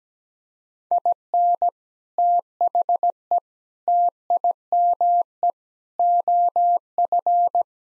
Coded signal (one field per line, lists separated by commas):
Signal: Morse code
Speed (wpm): 17 wpm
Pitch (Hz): 700 Hz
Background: none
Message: IN THE TIME OF